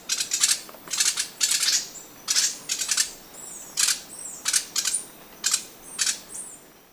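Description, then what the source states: Sepia-brown wren: harsh, noisy high bursts repeated roughly every half second to second, with thin slurred whistles between them. Ecuador.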